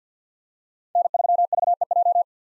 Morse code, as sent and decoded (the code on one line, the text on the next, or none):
-. ...-- ...- . .---
N3VEJ